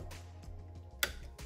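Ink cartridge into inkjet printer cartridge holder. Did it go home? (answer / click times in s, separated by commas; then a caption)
yes / 1.0 s. The last refillable ink cartridge is pressed into the cartridge slot of an Epson WorkForce WF-7820 inkjet printer being converted to a sublimation printer. A sharp snap at 1.0 s cuts through soft background music, followed by fainter ticks. The cartridge latches home and is seated.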